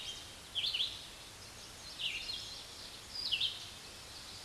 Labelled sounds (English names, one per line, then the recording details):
Red-eyed Vireo song
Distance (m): 20 m
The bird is about 20 m above the microphone
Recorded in a Pennsylvania forest on 16 May 2024 at 06:43
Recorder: AudioMoth, point MSD-2258
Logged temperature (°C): 15.2 °C
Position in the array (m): 164 m, 72 m